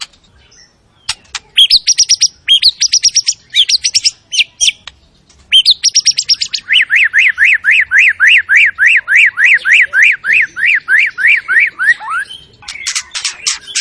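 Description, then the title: White-rumped shama song: bursts of fast high chattering notes, then a long steady series of rapid rising-falling whistled notes, ending in varied phrases. Lure sound of a very active white-rumped shama singing its full repertoire, meant to stir up other shamas. "MURAI BATU. MURAI GACOR SUPER EDAN SEMUA MATERI DI KELUARIN. SHAMA BIRD"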